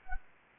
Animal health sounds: mosquito wingbeat signal from an infrared sensor; Anopheles gambiae

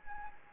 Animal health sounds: mosquito wingbeat signal from an infrared sensor; Anopheles gambiae

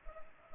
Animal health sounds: mosquito wingbeat signal from an infrared sensor; Culex pipiens

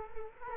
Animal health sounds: mosquito wingbeat signal from an infrared sensor; Culex quinquefasciatus

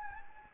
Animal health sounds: mosquito wingbeat signal from an infrared sensor; Anopheles gambiae

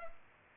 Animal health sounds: mosquito wingbeat signal from an infrared sensor; Culex pipiens

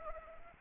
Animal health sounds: mosquito wingbeat signal from an infrared sensor; Anopheles arabiensis

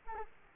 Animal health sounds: mosquito wingbeat signal from an infrared sensor; Aedes albopictus

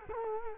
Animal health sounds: mosquito wingbeat signal from an infrared sensor; Culex quinquefasciatus

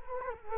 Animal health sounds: mosquito wingbeat signal from an infrared sensor; Culex quinquefasciatus

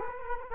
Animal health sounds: mosquito wingbeat signal from an infrared sensor; Culex quinquefasciatus

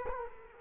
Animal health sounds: mosquito wingbeat signal from an infrared sensor; Culex quinquefasciatus

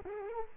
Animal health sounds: mosquito wingbeat signal from an infrared sensor; Culex quinquefasciatus

